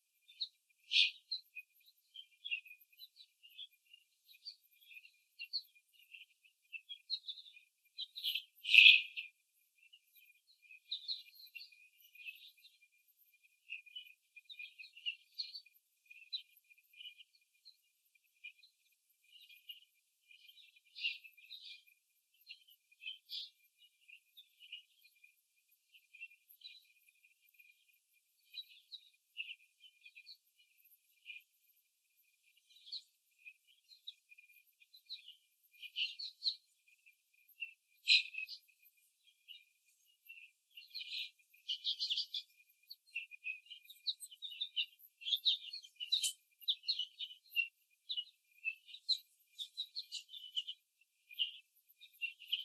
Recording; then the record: young laying hens in a cage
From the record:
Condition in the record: after the stressor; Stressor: simulated dog barking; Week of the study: 3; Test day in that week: 1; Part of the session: 1